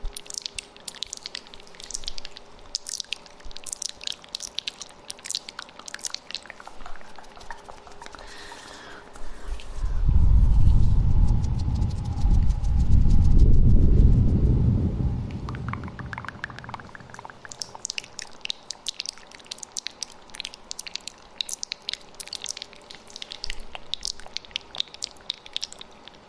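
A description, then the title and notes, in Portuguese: Wet mouth sounds with an echo: rapid clicks, smacks and chewing-like snaps pile up densely and brightly. Around ten to fifteen seconds a louder, deep rumbling blow or hum swells and fades, then the quick clicking resumes to the end. ASMR de sons de boca com eco no microfone 3DIO retirando todas as suas energias negativas.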